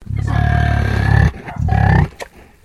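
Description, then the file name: Landrace pig growling, two long low rough grunting growls with a harmonic buzz, the second shorter, followed by a brief snort. "ANIMAL PIG LANDRACE EDGAR GROWL"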